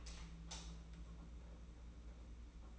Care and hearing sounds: daily activity, microphone in the room; light on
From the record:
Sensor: 1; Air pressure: 991.9 hPa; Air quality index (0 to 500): 214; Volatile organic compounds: 1000 ppm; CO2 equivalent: 8344 ppm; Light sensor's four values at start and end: 9/21/9/9 and 21/65/26/26

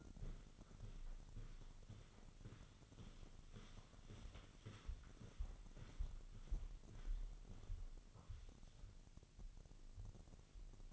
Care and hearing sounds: daily activity, microphone in the room; walk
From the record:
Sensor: 4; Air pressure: 1010.1 hPa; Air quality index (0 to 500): 172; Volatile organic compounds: 2 ppm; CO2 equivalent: 1244 ppm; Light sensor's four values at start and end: 50/125/52/57 and 50/124/52/57

